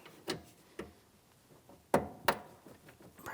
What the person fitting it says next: Press it in. Audible click. It's definitely secure.